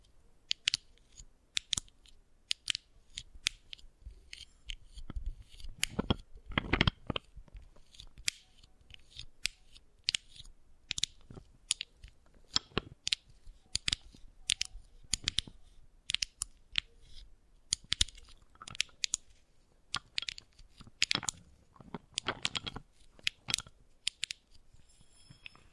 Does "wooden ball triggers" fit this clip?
yes